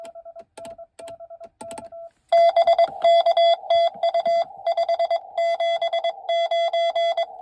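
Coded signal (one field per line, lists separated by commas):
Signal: Morse code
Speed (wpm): 20 wpm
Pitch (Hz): 680 Hz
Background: none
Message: BK TU 579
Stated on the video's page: CW Parks on the Air activation at Utah Lake State Park, US-3094, in winter.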